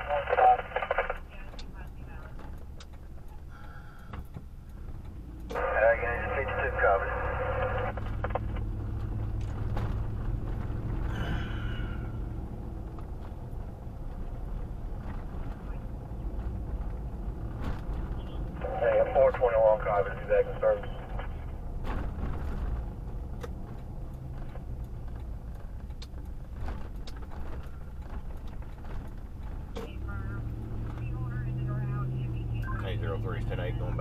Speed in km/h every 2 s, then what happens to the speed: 26, 19, 19, 26, 32, 39, 42, 42, 42, 44, 44, 39, 29, 16, 19, 26, 37.
4-11 speeds up to 42. 11-20 steady at about 42. 20-25 brakes to 16. 28-34 speeds up to 37.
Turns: 0-5, 24-29.